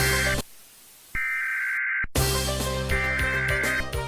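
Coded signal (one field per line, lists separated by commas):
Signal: Emergency Alert System (SAME) tones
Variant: header bursts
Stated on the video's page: Fictional EAS scenario tornado warning, simulated.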